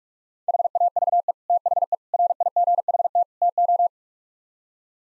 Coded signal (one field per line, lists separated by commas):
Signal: Morse code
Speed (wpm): 49 wpm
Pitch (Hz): 700 Hz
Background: none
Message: HAVE THE RIGHT TO